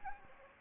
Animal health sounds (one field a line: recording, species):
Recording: mosquito wingbeat signal from an infrared sensor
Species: Anopheles gambiae